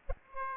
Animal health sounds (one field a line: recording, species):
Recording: mosquito wingbeat signal from an infrared sensor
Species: Aedes aegypti